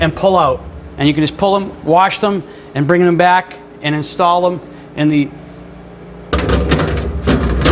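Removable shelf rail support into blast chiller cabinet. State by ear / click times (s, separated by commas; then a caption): seated / 6.3 s, 6.7 s. Someone talks about removing the side shelf rail supports from a blast chiller cabinet for washing, then reinstalls a removable rail support inside the cabinet. It snaps into place with sharp clicks at 6.3 s and 6.7 s, seated firmly.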